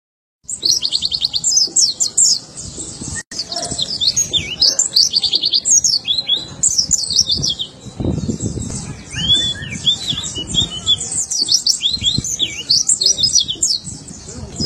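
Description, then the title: White-eye song: a long, rapid, high twittering warble of sweeping chirps and trills, nearly continuous, with faint low rumbling underneath. "Pleci"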